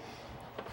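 A USB flash drive is plugged back into the USB port on a computer. Over a steady low background, a short sharp click at 0.6 s marks the drive seating fully in the port.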